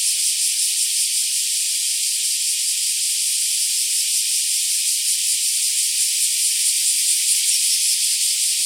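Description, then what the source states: Black cicada: steady shrill buzzing of black cicadas, a constant sizzling wash of sound with gentle fluctuations in intensity. More than one black cicada calling.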